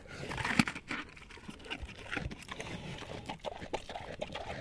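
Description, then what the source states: Pig chewing food: moist crunching and lip-smacking in quick irregular bursts, a louder crunch early on, then steady munching. Landrace breed pig eating peaches.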